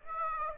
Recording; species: mosquito wingbeat signal from an infrared sensor; Aedes aegypti